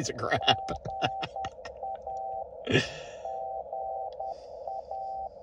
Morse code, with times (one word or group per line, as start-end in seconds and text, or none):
0.4-2.4 GA
3.3-5.3 GA